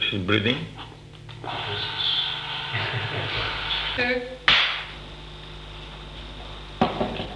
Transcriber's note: more background conversation, machines whirring, etc; laughter